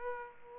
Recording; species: mosquito wingbeat signal from an infrared sensor; Aedes aegypti